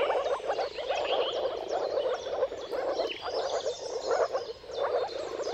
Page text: Dawn’s Chorus: Mating Calls of Marsh Frogs at Sunrise. Depending on the weather at the turn of March and April, you can witness an amazing spectacle of moor frogs. earth-fm Jakub-Orzecki moor frogs